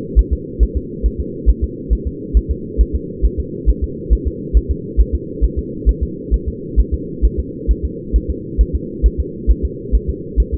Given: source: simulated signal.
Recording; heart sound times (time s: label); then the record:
fetal heart sounds
0.19 s: S1
0.33 s: S2
0.63 s: S1
0.77 s: S2
1.06 s: S1
1.20 s: S2
1.50 s: S1
1.64 s: S2
1.93 s: S1
2.07 s: S2
2.37 s: S1
2.51 s: S2
2.81 s: S1
2.95 s: S2
3.25 s: S1
3.40 s: S2
3.69 s: S1
3.84 s: S2
4.13 s: S1
4.28 s: S2
4.57 s: S1
4.71 s: S2
5.00 s: S1
5.15 s: S2
5.44 s: S1
5.59 s: S2
5.89 s: S1
6.03 s: S2
6.34 s: S1
6.48 s: S2
6.80 s: S1
6.94 s: S2
7.25 s: S1
7.40 s: S2
7.71 s: S1
7.85 s: S2
8.16 s: S1
8.30 s: S2
8.61 s: S1
8.75 s: S2
9.06 s: S1
9.20 s: S2
9.51 s: S1
9.65 s: S2
9.95 s: S1
10.10 s: S2
10.40 s: S1
10.54 s: S2
From the record:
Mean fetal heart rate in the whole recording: 135 bpm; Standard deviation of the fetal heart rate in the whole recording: 3 bpm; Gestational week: 34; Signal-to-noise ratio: -4.1 dB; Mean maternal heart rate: no maternal heart sound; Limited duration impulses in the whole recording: absent